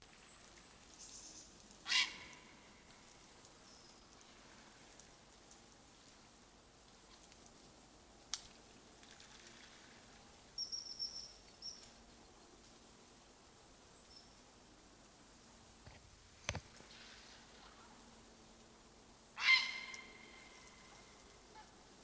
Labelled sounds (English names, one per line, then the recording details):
Grey Heron
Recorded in the wild
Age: adult
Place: Mühlenbecker Wald, Brandenburg, DE
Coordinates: 52.695, 13.3897
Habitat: pond
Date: 1983-08-20 18:52
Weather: ca. 27°C
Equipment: Nagra SN, Sennheiser MKH 416T (Automatik), Kopie Uher 4000 Report Monitor
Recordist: Tembrock, Günter